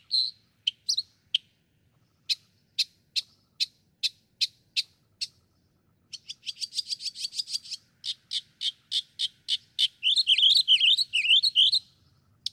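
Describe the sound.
Northern mockingbird song: spaced sharp notes, then a fast stuttering string of chips, closing with a jumbled, warbling high passage.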